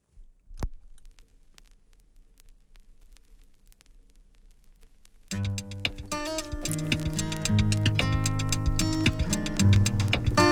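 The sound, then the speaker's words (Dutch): A stylus drops onto a vinyl record with a single sharp thump, then soft surface crackle and faint ticking run for several seconds before a song with instruments starts playing loudly. “Leg ik even de naald erop.”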